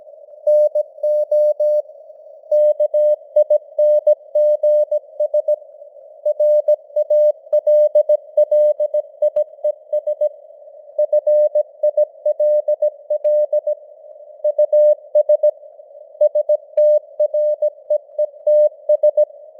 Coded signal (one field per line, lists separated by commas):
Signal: Morse code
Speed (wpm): 17 wpm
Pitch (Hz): 600 Hz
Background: none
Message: NO KINGS RALLIES FILL US STREETS